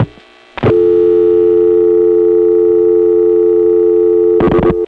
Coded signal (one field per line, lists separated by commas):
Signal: telephone call progress tone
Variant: North America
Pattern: dial tone